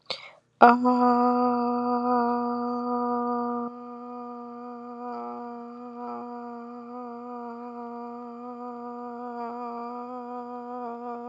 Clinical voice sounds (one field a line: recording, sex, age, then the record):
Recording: vowel held as long as possible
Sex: female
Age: 20 to 29 years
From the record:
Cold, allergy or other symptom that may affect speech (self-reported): no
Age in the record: 26 years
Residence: Florida, United States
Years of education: 16